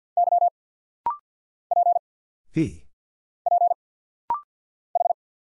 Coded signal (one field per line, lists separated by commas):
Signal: Morse code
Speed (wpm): 48 wpm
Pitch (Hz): 700 Hz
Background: none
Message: Y P P H